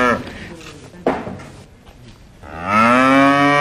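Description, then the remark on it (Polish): A cow lets out a long, loud, low moo with a rich harmonic drone, rising at the end, following a few bumps and brief rustling sounds. “Ja się od taty dowiedziałam, że jest właśnie taka szkoła, gdzie nauczę się strzyc jałówki.”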